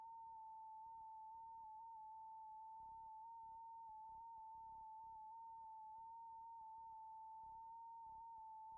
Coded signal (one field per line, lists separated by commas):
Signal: FT8